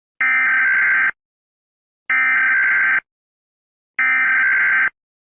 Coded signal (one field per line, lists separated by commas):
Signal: Emergency Alert System (SAME) tones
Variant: header bursts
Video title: EAS Scenario #5: The Siren Protocol